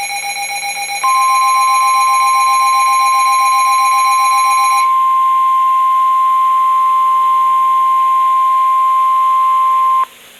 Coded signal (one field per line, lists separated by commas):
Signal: Emergency Alert System (SAME) tones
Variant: 1050 Hz attention tone